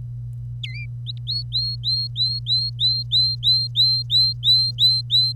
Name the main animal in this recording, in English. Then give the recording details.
Domestic Canary. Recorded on 25 April 2018 at 07:32. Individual llb3